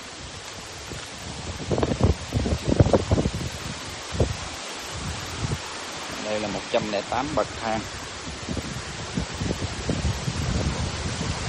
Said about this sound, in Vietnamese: Wow, trời quang mây tạnh, gió quá gió.